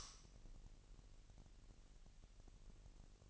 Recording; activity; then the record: daily activity, microphone in the room; light on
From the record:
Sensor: 4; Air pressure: 1002.7 hPa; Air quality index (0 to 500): 249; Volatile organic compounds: 16 ppm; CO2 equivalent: 2554 ppm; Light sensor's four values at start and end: 6/14/5/6 and 7/17/6/7